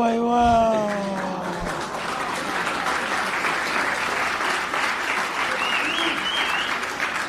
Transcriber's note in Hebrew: מחיאות כפיים